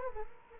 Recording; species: mosquito wingbeat signal from an infrared sensor; Culex quinquefasciatus